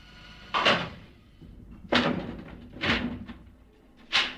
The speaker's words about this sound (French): Il referme la porte. Il appelle l'ascenseur. Voici l'ascenseur qui arrive.